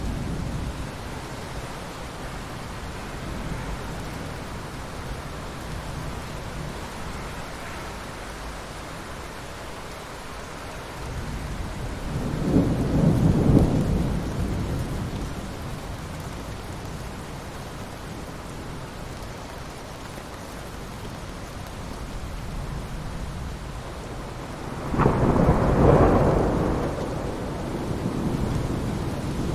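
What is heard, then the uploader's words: Steady rain hisses throughout while low thunder rumbles swell twice, once around thirteen seconds and again near twenty-six seconds. Rain and thunder sounds.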